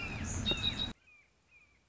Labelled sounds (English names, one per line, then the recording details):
Red-shouldered Hawk
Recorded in Sonoma County, California